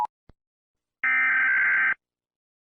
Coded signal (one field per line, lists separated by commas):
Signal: Emergency Alert System (SAME) tones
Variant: header bursts